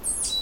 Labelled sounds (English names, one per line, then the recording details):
Stitchbird song
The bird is a male
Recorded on Tiritiri Matangi Island, New Zealand, in 2005
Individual 1, of nest box 1